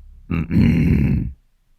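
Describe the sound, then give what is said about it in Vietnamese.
A man, a village canton chief sitting on a wooden platform fanning himself, clears his throat with a low, rough rumble, a short catch followed by a longer gravelly grunt lasting about a second, with no words spoken. “Còn đang ngó nghiêng thì chánh tổng đã xuất hiện ở trên phản, tay phe phẩy cái quạt, khẽ hắng giọng.”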